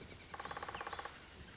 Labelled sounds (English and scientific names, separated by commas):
Blue-gray Gnatcatcher (Polioptila caerulea)